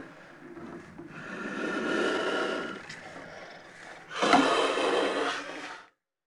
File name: wildcat hiss